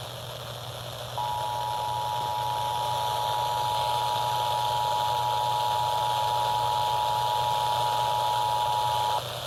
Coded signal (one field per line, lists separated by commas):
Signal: Emergency Alert System (SAME) tones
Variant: 853 and 960 Hz attention tone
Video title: MULTIPLE DAY ALERTS 4 | EAS Alerts from 8/17/26 - 8/22/26